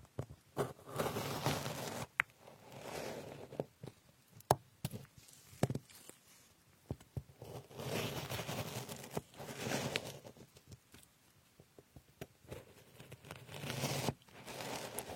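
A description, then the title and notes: Strawberries and other fruit are cut on a board, with sharp knife taps arriving every second or two, some sharper than others. Between the taps come soft, wet slicing and rustling sounds that swell and fade, with brief quiet gaps. Cutting fruits like strawberries.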